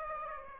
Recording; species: mosquito wingbeat signal from an infrared sensor; Aedes aegypti